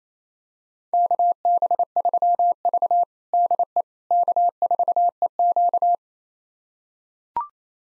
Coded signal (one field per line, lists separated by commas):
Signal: Morse code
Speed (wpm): 28 wpm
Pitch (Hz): 700 Hz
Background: none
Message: KB3V DE K4EQ